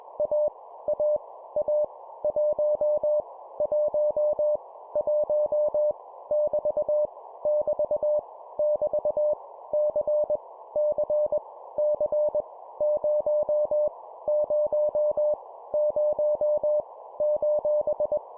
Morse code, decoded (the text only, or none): A A A 1 1 1 <BT> <BT> <BT> C C C 0 0 0 :